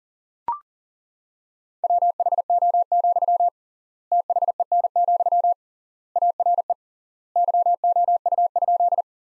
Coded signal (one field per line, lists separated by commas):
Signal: Morse code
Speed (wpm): 40 wpm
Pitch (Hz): 700 Hz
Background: none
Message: WHO, THEN, ARE YOU?